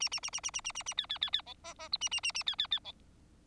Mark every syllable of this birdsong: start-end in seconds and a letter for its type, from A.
0.00-0.09 A, 0.11-0.20 A, 0.23-0.30 A, 0.33-0.40 A, 0.43-0.51 A, 0.53-0.61 A, 0.64-0.72 A, 0.75-0.83 A, 0.86-0.94 A, 0.97-1.06 B, 1.09-1.18 B, 1.21-1.30 B, 1.33-1.42 B, 1.46-1.54 C, 1.64-1.74 D, 1.79-1.89 D, 1.92-1.97 E, 2.01-2.09 A, 2.11-2.20 A, 2.23-2.32 A, 2.34-2.43 A, 2.46-2.56 B, 2.58-2.67 B, 2.71-2.79 B, 2.84-2.92 C